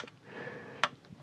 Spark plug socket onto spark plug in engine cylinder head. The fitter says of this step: clip it. You're going to feel it click.